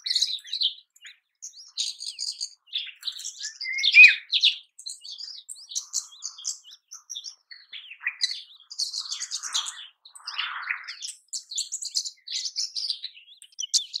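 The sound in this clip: Rosy starling giving scattered squeaky chirps and dry rattles, sparse at first, then building into a steadier, busier chatter with a few lower harsh notes.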